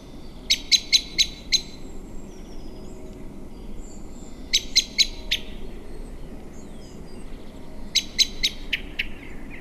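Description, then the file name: Common blackbird giving sharp, clicking chink notes in three fast bursts a few seconds apart, over faint background noise. "Turdus merula"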